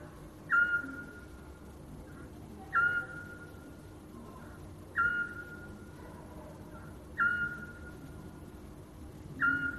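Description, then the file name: Eurasian scops owl repeating one brief, soft whistled note roughly every two seconds, five notes in all, against a low background hum. "Krik sovy - Splyushka"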